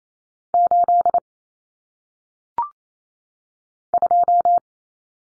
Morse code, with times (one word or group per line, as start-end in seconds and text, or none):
0.5-1.2 8
3.9-4.6 2